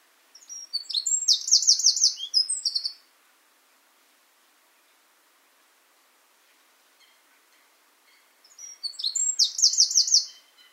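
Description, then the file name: Eurasian wren song: a loud, rapid high-pitched burst with a fast trill, lasting about two seconds, then a long pause and a second similar burst near the end. "Troglodytes troglodytes"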